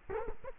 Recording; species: mosquito wingbeat signal from an infrared sensor; Culex quinquefasciatus